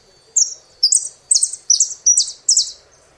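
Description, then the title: Saffron finch song: six loud, buzzy high phrases repeated in quick succession. "Jilguero Argentino"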